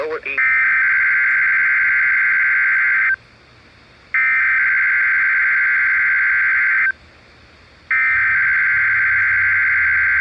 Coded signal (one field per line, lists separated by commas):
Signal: Emergency Alert System (SAME) tones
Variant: header bursts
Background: speech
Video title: EAS#280 Required Weekly Test